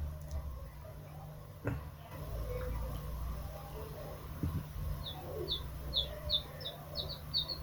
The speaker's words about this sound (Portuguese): Eu gosto da cor sempre mudante do sol nas folhas das árvores e gosto de ouvir os pássaros.